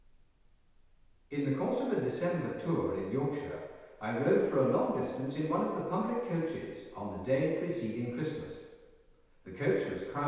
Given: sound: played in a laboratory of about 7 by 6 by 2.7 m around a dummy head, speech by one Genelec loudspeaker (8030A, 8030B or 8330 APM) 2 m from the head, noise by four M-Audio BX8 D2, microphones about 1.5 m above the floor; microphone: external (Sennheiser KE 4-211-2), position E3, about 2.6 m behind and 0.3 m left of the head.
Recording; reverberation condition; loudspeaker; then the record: male speech in English; high; 30 degrees to the left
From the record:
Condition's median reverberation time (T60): about 1300 ms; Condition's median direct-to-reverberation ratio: about -4.0 dB